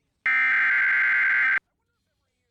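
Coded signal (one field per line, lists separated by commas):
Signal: Emergency Alert System (SAME) tones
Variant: header bursts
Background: speech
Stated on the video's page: Failed severe thunderstorm warning interruption on a TV subchannel; voice message mostly static.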